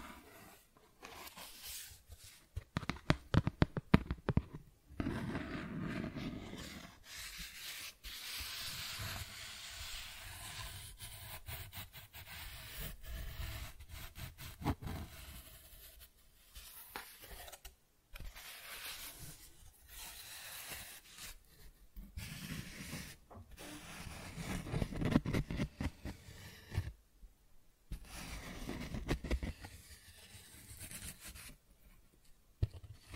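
Cardboard being scratched, traced and torn, with dense rubbing and scraping strokes throughout. Short sharp bursts cluster in the first five seconds, then longer grinding passages follow, broken by brief silences near 5, 18 and 28 seconds. The sound is rough and gritty, strongest around 25 seconds.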